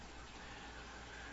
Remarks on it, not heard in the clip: Lay flat on your back. Let your body relax as though you're going to go to sleep. And intentionally try to snore.